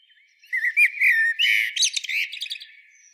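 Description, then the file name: Common blackbird song: a mellow warbled phrase breaks into a rushed, high, chattering twitter that fades out. "Turdus merula"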